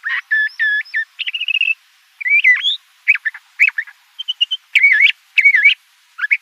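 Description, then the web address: Le Conte's thrasher song: harmonic whistled phrases, a buzzy rattle, then assorted sliding notes, each phrase different from the last. Arizona; dated 011004. "Sound Library Mimids AZFO LCTH deviche 011004"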